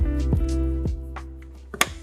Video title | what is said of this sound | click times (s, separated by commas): Infiniti G37 G37S 2010 - 2013 VLine Glove Box Install Guide - Wireless CarPlay & Android Auto - NIS9 | we go we got that clipped | 1.7 s, 1.8 s